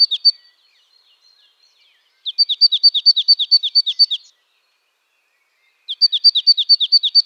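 Marsh tit calling: quick runs of high, down-slurred chipping notes about two seconds long, separated by pauses, with a few brief notes at the very start.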